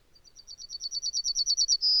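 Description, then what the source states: Yellowhammer song, a crescendo of many rapid, high, repeated notes leading into a long, steady terminal note. Nominate subspecies Emberiza citrinella citrinella.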